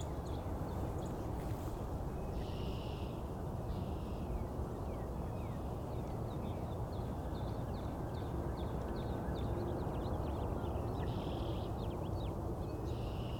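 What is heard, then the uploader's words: Red-winged Blackbirds and other birds sing over a heavy, steady low rumble that fills the whole clip. Short buzzy trills and calls repeat every second or two, with brief clicky bursts in between. The rumble stays constant and masks much of the birdsong. Today we visit Cootes Paradise in mid-March, and hear Red-winged Blackbirds, in addition to a number of other species.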